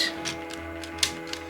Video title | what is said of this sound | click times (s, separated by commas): How to Solve THE HEIST: Worlds Greatest 3D Printed Puzzle Box EVER From This Channel in 2021 So Far | oh there it clicked | 1.0 s